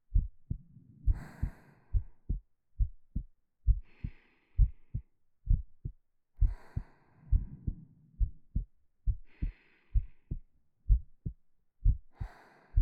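A normal adult heartbeat, a soft, steady thump-thump at about 66 beats per minute, with breathing sounds rising and falling in the background.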